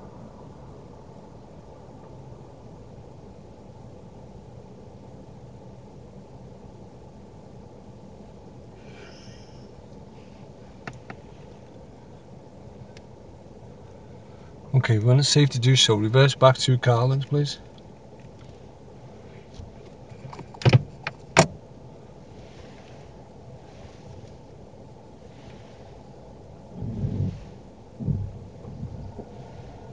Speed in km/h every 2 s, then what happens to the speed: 0, 0, 0, 0, 0, 0, 0, 0, 0, 0, 0, 0, 0, 0, 0.
0-30 standing.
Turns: none.